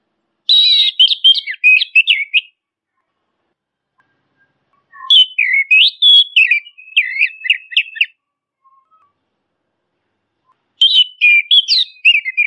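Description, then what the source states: Orange-headed thrush singing three rich phrases of rapid, warbled and slurred whistles, separated by pauses. Masteran training recording for songbirds; locally called anis kembang or punglor kembang.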